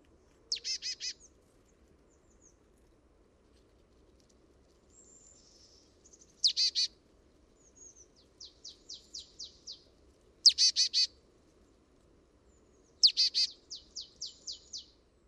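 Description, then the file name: Marsh tit calls with sharp, high explosive notes in bursts every few seconds, mostly followed by a quick series of shorter repeated notes, against a quiet background. "Poecile palustris"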